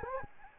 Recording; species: mosquito wingbeat signal from an infrared sensor; Anopheles gambiae